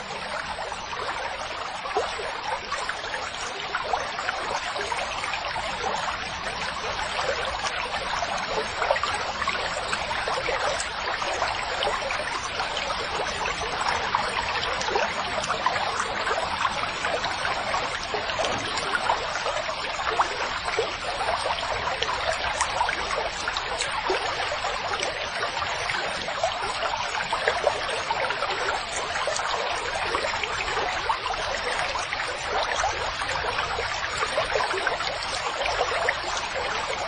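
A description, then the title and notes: Meltwater streams trickle and splash steadily throughout, a dense, bright babble of running water with no pauses or distinct events. The melting of frozen streams and waves in spring.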